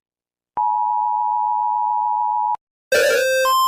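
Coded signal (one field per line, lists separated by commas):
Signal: Emergency Alert System (SAME) tones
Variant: 853 and 960 Hz attention tone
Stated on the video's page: Animated EAS alarm.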